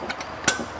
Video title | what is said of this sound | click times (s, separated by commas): Valley Today Headlines - August 31 | You'll hear this until we hear the click. | 0.5 s